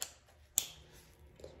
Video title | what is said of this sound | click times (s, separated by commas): Tipperary 8500 vs Tipperary 8700 Helmet | hear that stamp so just it magnetically comes together | 0.6 s